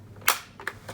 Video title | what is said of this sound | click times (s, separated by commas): Nerf Rival Charger MXX-1200 簡介 - 廣東話 | You have to close this door properly until you hear a "click" | 0.3 s